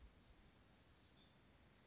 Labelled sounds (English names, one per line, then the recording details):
Western Flycatcher
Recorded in Sonoma County, California